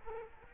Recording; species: mosquito wingbeat signal from an infrared sensor; Culex quinquefasciatus